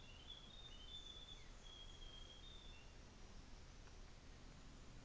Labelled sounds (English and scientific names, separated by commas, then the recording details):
New Zealand Fantail (Rhipidura fuliginosa)
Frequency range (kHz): New Zealand Fantail (Rhipidura fuliginosa) 5.5-7.9 kHz
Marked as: faintness 4/5
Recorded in New Zealand on 24 December 2018
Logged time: 13:05